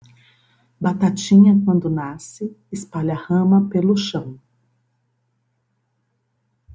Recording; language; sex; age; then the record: short text; Brazilian Portuguese; female; 50 to 59 years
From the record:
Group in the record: control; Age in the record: 51 years